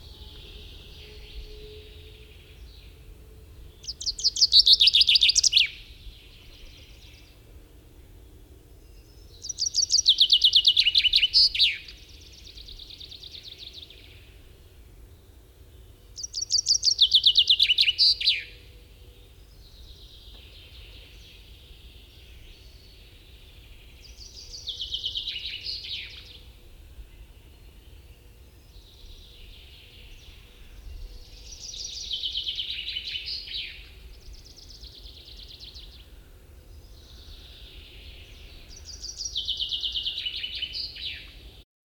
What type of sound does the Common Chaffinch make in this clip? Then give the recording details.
song. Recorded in the wild. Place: Venz, Insel Rügen, Mecklenburg-Vorpommern, DE. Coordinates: 54.497, 13.302. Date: 1974-04-07. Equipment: Nagra III BH, Sennheiser MD 21, parabola. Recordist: Schubert, Michael. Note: Gesang Buchfink